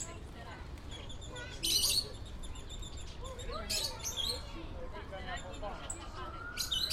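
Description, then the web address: Birds chirping and twittering in short sharp bursts over continuous low background rumble. Birds in an aviary in a city park. "Lynne Music 2 Birds-In-City-Park-Aviary"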